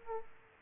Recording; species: mosquito wingbeat signal from an infrared sensor; Aedes aegypti